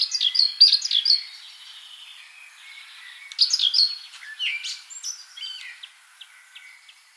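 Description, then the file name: Great tit calling in two bursts of rapid, high, chattering notes a few seconds apart, followed by fainter, spaced chirps fading out. "Parus major"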